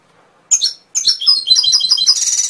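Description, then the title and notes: Canary song: a short silence, then high bright chirps and rapid trilled notes sweeping downward, ending in a fast buzzy roll. Masteran song, a tutor recording played to train other songbirds and stimulate their singing. "PANCINGAN SUARA MASTERAN KENARI. masteran kicau kenari"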